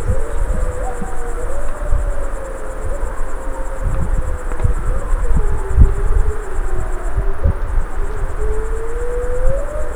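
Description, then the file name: Wolf howling, a long wavering tone that dips and rises over ten seconds, a second higher voice briefly joining early; steady high cricket chirring and low rumbling noise underneath. Adult wolves, Tinée, 2004. "loups adultes moy tinee 2004"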